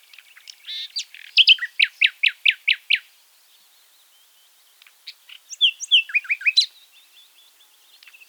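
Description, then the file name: Common nightingale song opening with a run of loud repeated descending notes, then a pause and a quicker jumbled phrase of chirps and whistles. "Luscinia megarhynchos"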